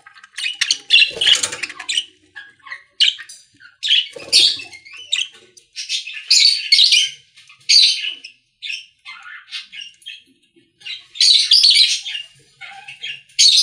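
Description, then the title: Budgerigar chirps and scratchy warbles come in irregular bursts with silent gaps, plus a couple of soft thumps early on. "Budgie Sounds"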